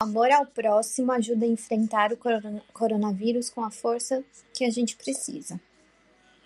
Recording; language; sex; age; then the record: spoken sentence; Brazilian Portuguese; female; 20 to 29 years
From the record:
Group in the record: control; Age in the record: 28 years